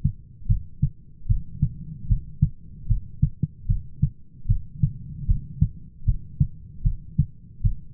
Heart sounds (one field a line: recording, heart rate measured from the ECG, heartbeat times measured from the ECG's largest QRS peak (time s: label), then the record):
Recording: heart sounds by stethoscope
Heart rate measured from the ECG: 76 bpm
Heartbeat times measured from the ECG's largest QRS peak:
0.50 s: heartbeat
1.30 s: heartbeat
2.10 s: heartbeat
2.90 s: heartbeat
3.69 s: heartbeat
4.49 s: heartbeat
5.29 s: heartbeat
6.07 s: heartbeat
6.85 s: heartbeat
7.65 s: heartbeat
From the record:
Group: heart failure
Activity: rest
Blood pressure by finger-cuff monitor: 126/88 mmHg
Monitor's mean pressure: 102 mmHg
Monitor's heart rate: 76 bpm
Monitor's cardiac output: 6.8 L/min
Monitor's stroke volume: 90 mL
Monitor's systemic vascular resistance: 1100 dyn s/cm5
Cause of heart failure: idiopathic cardiomyopathy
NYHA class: 1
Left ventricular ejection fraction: 50%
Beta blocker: bisoprolol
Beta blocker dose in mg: 5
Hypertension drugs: candesartan, spironolactone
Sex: male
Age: 54 years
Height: 180 cm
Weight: 94.6 kg